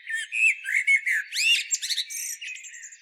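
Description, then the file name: Common blackbird song: mellow whistled warbling notes slide into a burst of high, scratchy twittering and squeaks, all within about three seconds. "Turdus merula"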